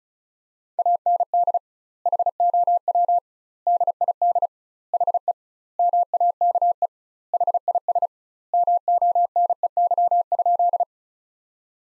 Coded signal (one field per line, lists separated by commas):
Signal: Morse code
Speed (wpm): 34 wpm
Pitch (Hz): 700 Hz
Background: none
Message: AND HOW DID HE MAKE HIS MONEY?